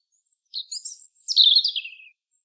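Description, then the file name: European robin song: one sustained, fluid phrase that climbs to very high, thin notes and then warbles back down in a rich, rippling cascade. "Erithacus rubecula"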